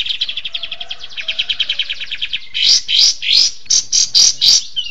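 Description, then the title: Bird song opening with a quick, evenly pulsed high trill, then breaking into several loud, harsh chattering bursts, ending with a falling whistle. Songbird song used for training songbirds (masteran). "Suara masteran Burung"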